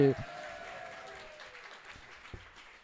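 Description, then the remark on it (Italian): An audience at a slam event breaks into steady applause for itself, a dense crackle of many hands clapping at an even level. A voice speaks briefly at the very start before the clapping takes over. “Ma sappiate che se tutto questo è possibile, in realtà grazie a voi, e quindi il più grande applauso va a voi!”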